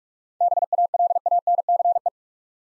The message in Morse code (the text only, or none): BALANCE